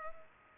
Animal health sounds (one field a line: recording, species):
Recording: mosquito wingbeat signal from an infrared sensor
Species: Culex pipiens